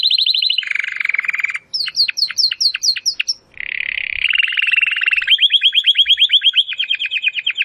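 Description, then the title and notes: Domestic canary singing: a fast high trill, a lower rolling trill, a run of sharp descending notes, then long rapid rolling trills. Belgian canary (Canário Belga), titled 'Campainha' (bell), singing. "Canário Belga Campainha Canary Singing. Canario Belga Cantando"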